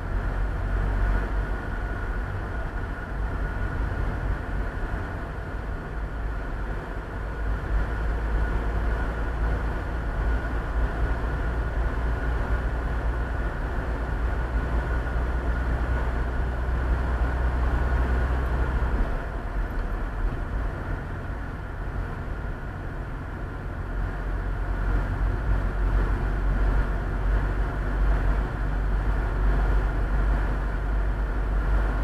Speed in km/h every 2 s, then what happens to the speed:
24, 26, 28, 28, 30, 32, 34, 35, 35, 36, 36, 36, 36, 36, 36, 38.
0-14 speeds up to 35. 14-32 steady at about 36.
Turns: none.